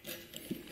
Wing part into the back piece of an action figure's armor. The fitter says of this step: que houve o clique é